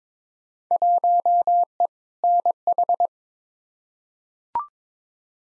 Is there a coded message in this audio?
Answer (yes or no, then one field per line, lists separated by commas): yes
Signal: Morse code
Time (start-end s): 0.7-3.1 s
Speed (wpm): 22 wpm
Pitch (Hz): 700 Hz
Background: none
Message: 1E NH